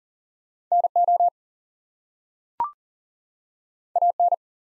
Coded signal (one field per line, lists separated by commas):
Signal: Morse code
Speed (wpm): 40 wpm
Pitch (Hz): 700 Hz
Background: none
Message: NO AN